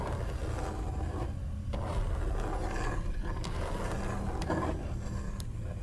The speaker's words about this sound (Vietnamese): Và ngay sau đó chị vợ phải hét toáng lên, bởi bên ngoài cửa buồng, bà cụ không gõ cửa nữa, mà thay vào đó là những âm gai sống lưng, như là cánh cửa đang bị thứ gì đó cào cào vậy.